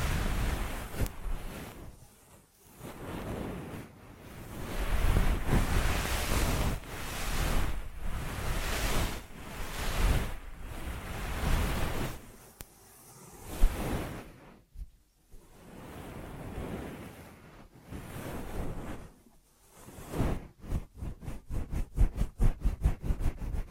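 Ear massage sounds: close, muffled rubbing strokes that swell and fade like slow surf, each lasting a second or two with brief quiet gaps. Near the end, after about twenty seconds, the strokes turn into quick, regular brushing pulses.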